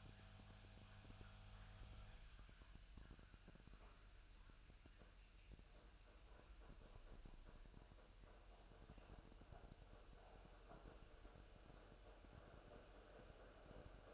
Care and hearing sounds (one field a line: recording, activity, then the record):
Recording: daily activity, microphone in the room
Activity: make coffee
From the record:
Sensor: 2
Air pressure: 1001.9 hPa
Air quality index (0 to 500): 248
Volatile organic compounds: 39 ppm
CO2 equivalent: 3138 ppm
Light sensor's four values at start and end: 8/27/10/10 and 8/27/10/10